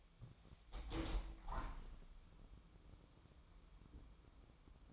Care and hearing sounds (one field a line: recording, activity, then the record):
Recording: daily activity, microphone in the room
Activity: open window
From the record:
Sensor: 1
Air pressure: 1006.6 hPa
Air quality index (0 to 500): 209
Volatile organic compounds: 24 ppm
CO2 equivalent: 2817 ppm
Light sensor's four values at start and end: 12/31/12/14 and 13/32/13/14